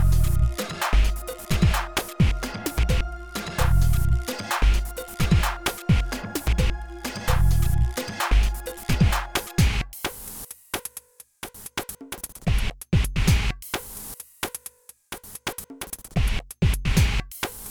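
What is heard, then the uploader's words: Harsh interference noise from poor cabling crackles and buzzes in rapid, irregular bursts, with steady high tones humming through the first ten seconds. After that the hum drops away and the noise turns choppier, with sharp clicks separated by brief near-silences. I used a white noise sample that I gathered from leaving mics on in my studio. The noise is actually signal noise from using sub-standard cables. I set a tempo of 130bpm. I then split the white noise into two groups - one hitting on every "kick" and one hitting on every "snare".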